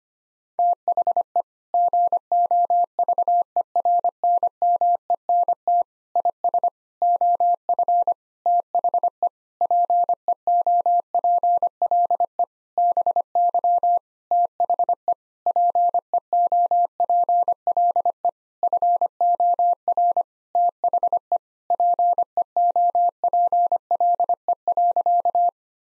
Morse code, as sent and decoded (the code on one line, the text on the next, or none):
- .... . / --. --- ...- . .-. -. -- . -. - / .. ... / --- ..-. / - .... . / .--. . --- .--. .-.. . / -... -.-- / - .... . / .--. . --- .--. .-.. . / ..-. --- .-. / - .... . / .--. . --- .--. .-.. . .-.-.-
THE GOVERNMENT IS OF THE PEOPLE BY THE PEOPLE FOR THE PEOPLE.